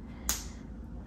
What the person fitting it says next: deu o clique